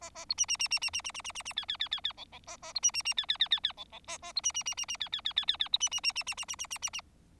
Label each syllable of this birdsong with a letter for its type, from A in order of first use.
A A B C C C C C C C C C C C D D D D D E E A A B C C C D D D D D E E A A B C C C C C D D D D D D B C C C C C C C C C C C